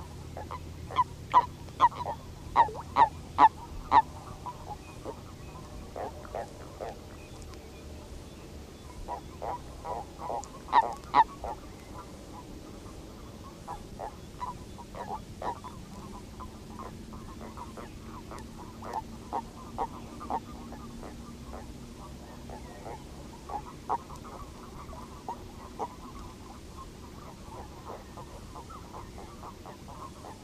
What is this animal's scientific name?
Bufo bufo